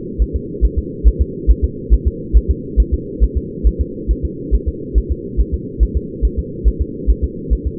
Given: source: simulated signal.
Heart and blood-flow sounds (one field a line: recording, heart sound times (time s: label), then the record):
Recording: fetal heart sounds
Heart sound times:
0.22 s: S1
0.36 s: S2
0.65 s: S1
0.79 s: S2
1.08 s: S1
1.22 s: S2
1.51 s: S1
1.65 s: S2
1.94 s: S1
2.08 s: S2
2.37 s: S1
2.51 s: S2
2.80 s: S1
2.94 s: S2
3.24 s: S1
3.38 s: S2
3.67 s: S1
3.81 s: S2
4.11 s: S1
4.25 s: S2
4.55 s: S1
4.69 s: S2
4.98 s: S1
5.12 s: S2
5.40 s: S1
5.54 s: S2
5.83 s: S1
5.97 s: S2
6.25 s: S1
6.39 s: S2
6.68 s: S1
6.82 s: S2
7.10 s: S1
7.24 s: S2
7.53 s: S1
7.67 s: S2
From the record:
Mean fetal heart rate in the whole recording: 140 bpm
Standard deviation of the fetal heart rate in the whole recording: 2 bpm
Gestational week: 34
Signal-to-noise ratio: -4.1 dB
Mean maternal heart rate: no maternal heart sound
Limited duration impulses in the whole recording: absent